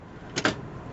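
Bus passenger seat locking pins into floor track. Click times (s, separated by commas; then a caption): 0.4 s, 0.5 s. A bus passenger seat is pulled back along its floor track with the red clamps released, sliding until the spring pins drop into the track's locking position. Two sharp metallic clunks are heard at 0.4 s and 0.5 s, the second louder. The seat locks into place.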